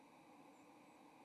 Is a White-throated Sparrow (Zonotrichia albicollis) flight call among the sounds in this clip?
yes